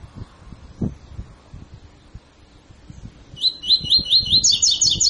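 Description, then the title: Double-collared seedeater: low knocks and thumps at first, then a double-collared seedeater starts singing quick rising whistles that break into a faster, higher trill. Tui tui fibra song style, used as a tutor song for training birds. "COLEIRO TUI TUI FIBRA"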